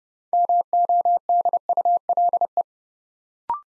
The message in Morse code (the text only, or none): MODULE